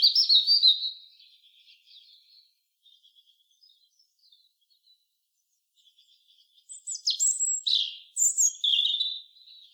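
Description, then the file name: European robin song opens with a loud thin warble, fades into soft, hesitant high notes, then returns with a strong phrase of dropping and rising tones. "Erithacus rubecula"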